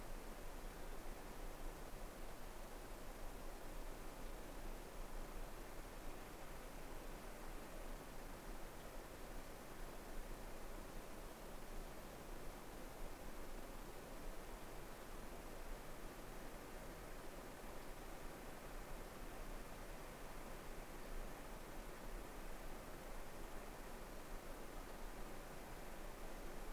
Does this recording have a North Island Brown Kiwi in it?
no